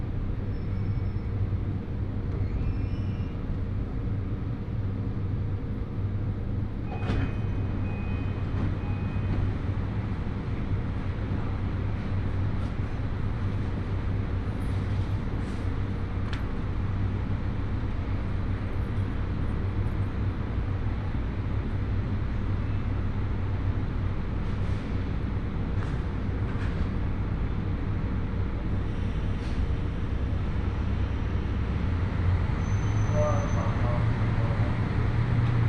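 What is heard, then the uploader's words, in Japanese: A ride on a Hōhi Line train: a steady, dense low rumble of the running carriage fills the whole clip at an even level. Faint clicks and brief squeaks come through now and then, with a short higher whine near the 33-second mark. 新水前寺から豊肥本線に乗って肥後大津まで移動します。なかなかの山道を登っていくのですが、821系車両はいとも簡単に進んでいきます。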